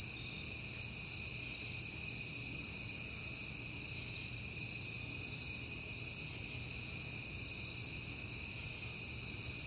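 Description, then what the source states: Cricket: a steady, unbroken chorus of crickets sings in several high overlapping tones, with a soft low hum beneath. Crickets recorded on a peaceful night in September.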